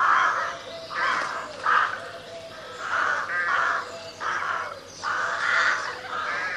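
Crow cawing, a run of rough, nasal calls with short gaps between them.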